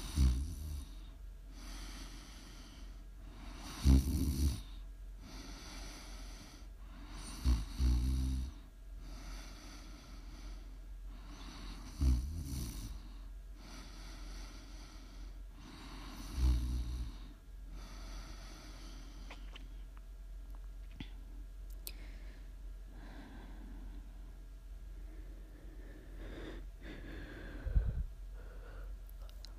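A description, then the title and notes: Heavy snoring, with loud rasping breaths arriving about every four seconds at first, near 0, 4, 8, 12 and 16 seconds. After about twenty seconds the rhythm breaks into quieter, irregular breathing and sniffs, with one more strong snort near 28 seconds. Please enjoy some prime ASMR snoring.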